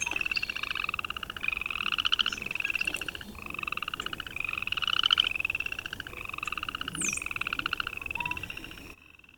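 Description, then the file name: Frog croaking in fast, buzzy pulse bursts, each lasting one to two seconds and following one another closely. Recorded at a pond. "pond frog bird cleaned"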